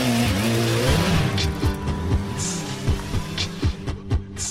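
A motorcycle engine runs and revs, its low, buzzing drone rising and falling in pitch through a series of short throttle bursts, with no voices.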